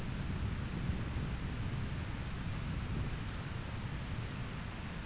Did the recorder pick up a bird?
no